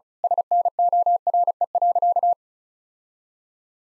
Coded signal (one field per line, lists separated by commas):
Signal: Morse code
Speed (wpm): 34 wpm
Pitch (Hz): 700 Hz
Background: none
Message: SNORE.